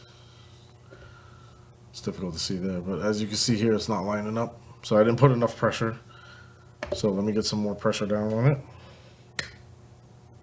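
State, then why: Seated. A plastic ramp section of an INJORA mini vehicle display ramp for RC crawlers is pressed harder into its ramp frame after first not lining up from too little pressure. Someone talks, then after a quiet pause a single sharp snap is heard at 9.4 seconds as the piece locks into place.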